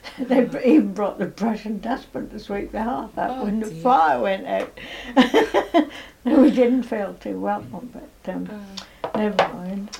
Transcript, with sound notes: They even brought the brush and dustpan to sweep the hearth out.
Aw dear!
When the fire went out! [laughs] We didn't feel too welcome but erm, never mind.